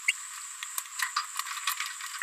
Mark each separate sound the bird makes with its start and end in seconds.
0.08-0.12